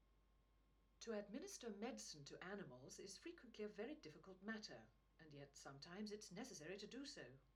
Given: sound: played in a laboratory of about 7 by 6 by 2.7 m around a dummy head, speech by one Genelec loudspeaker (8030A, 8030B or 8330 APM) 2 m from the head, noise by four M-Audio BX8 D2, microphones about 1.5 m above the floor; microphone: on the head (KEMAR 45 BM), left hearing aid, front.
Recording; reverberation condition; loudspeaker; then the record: female speech in English; low; 60 degrees to the left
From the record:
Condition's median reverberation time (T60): about 310 ms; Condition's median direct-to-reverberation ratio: about 3.5 dB